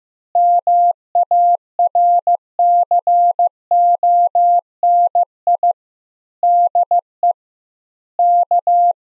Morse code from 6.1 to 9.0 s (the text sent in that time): DE K